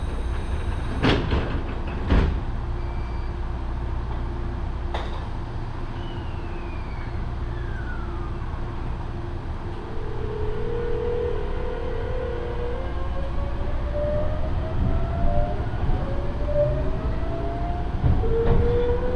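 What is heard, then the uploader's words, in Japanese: A ride on the Yoro Railway, with a steady low rumble of the train running throughout. Sharp clacks come near the start, around two seconds and at five seconds, and thin rising whines drift upward in pitch from the middle to the end. 養老鉄道 揖斐→大垣→養老。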